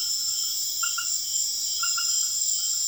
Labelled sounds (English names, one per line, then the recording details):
none
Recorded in secondary vegetation near Puerto Asís, Putumayo, Colombia, on 23 June 2025 at 20:00
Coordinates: 0.500, -76.326
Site GP08